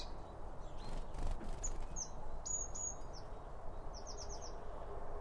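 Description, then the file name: Birds giving quick bursts of high downslurred chirps, including a rapid run of several notes near the end, over steady low background noise. Around a bird feeder, with two Line Audio OM 1 microphones. "Birds Around Birdfeeding With Two Om 1 From Line Audio"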